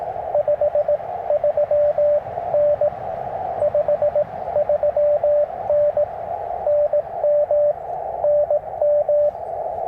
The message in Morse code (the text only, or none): 53N 53N NM NM